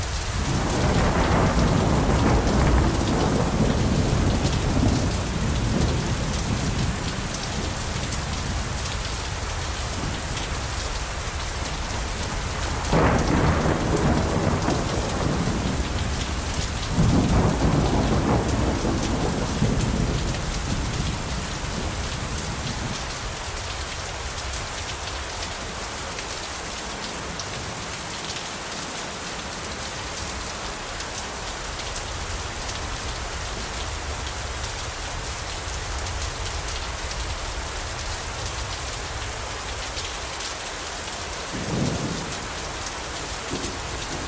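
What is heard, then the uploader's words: Steady, dense rain pours throughout while low thunder rumbles heavily in the first twenty seconds, with brief cracks near 13, 17 and 42 seconds. Rain Sounds and Thunder for Sleeping 8 Hours | White Noise Thunderstorm. In the dead of night, rain pours ceaselessly and thunder reverberates across the hills.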